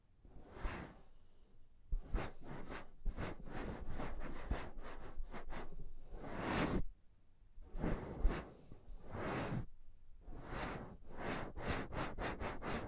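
Intense mic tapping and scratching, with rough bursts of scraping that run from deep thuds up to bright hiss. The bursts come in quick clusters, some lasting a second or more, broken by short near-silent gaps around two, seven and ten seconds.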